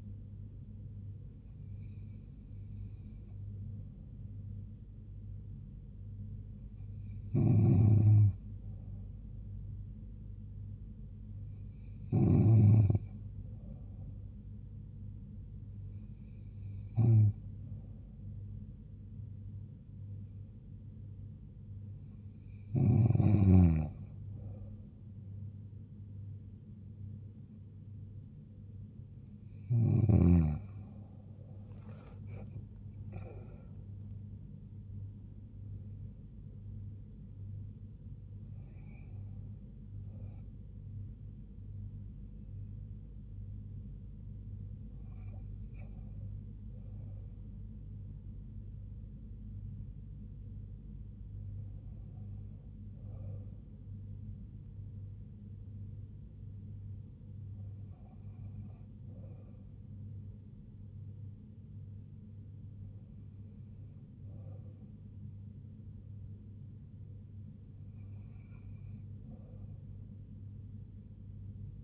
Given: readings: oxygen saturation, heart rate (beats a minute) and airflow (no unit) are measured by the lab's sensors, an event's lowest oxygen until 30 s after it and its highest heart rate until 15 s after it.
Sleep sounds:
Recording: breathing in sleep by a smartphone at the bedside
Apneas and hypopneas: none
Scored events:
55.00-71.84 s: new sleep stage, N2 (light sleep)
From the record:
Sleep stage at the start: N3 (deep sleep)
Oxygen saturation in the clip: 94 to 96%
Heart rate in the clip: 67 to 78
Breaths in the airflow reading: 15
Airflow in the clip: -5.4 to 6.4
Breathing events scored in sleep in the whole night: 158 in 7.3 hours asleep

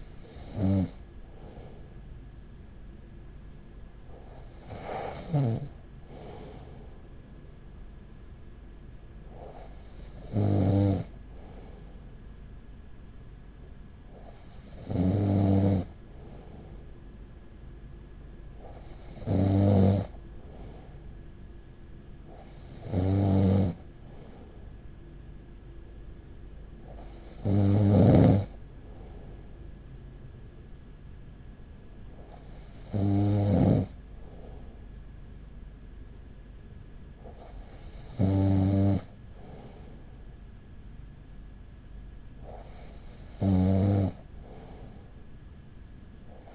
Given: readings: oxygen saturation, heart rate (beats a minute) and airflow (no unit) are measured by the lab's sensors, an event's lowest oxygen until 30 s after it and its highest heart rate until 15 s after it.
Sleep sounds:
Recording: breathing in sleep by a smartphone at the bedside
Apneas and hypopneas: none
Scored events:
14.00-46.55 s: new sleep stage, N2 (light sleep)
From the record:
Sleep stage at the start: N1 (lightest sleep)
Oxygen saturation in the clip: 95%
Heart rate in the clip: 40 to 44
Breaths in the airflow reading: 10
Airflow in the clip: -5.6 to 5.9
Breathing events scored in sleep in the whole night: 207 in 7.6 hours asleep

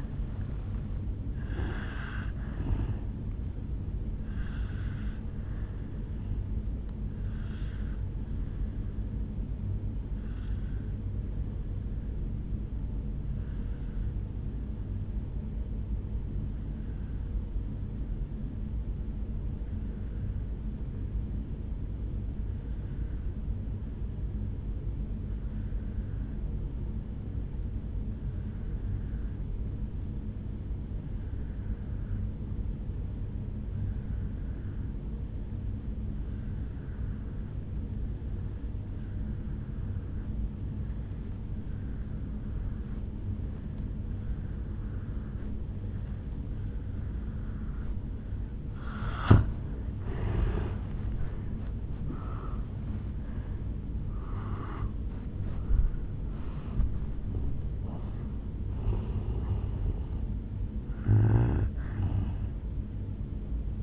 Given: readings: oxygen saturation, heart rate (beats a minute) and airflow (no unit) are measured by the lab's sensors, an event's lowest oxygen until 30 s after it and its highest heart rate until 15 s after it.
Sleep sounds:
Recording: breathing in sleep by a smartphone at the bedside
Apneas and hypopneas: 1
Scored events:
11.00-50.50 s: obstructive apnea (N1, oxygen 98% highest, then 84% lowest, heart rate 55 at the start, 78 highest)
19.00-49.00 s: new sleep stage, N2 (light sleep)
49.00-63.82 s: new sleep stage, N1 (lightest sleep)
From the record:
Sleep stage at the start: N1 (lightest sleep)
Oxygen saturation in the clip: 82 to 98%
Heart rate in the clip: 54 to 78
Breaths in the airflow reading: 7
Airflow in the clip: -10.9 to 10.1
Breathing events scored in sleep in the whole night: 449 in 7.0 hours asleep

